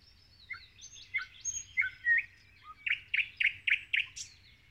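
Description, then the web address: Common nightingale singing: soft descending whistles and varied notes, then a rapid series of five loud, rich repeated notes ending in a high flourish. "rossignol ordinaire chant du rossignol"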